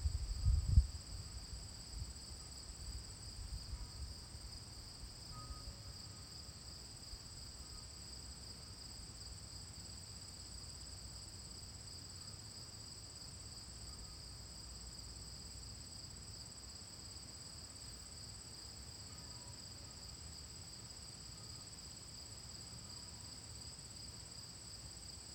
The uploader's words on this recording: I decided to walk down to the ocean and see how it was doing. Partway down the wooded path, the crickets stopped me.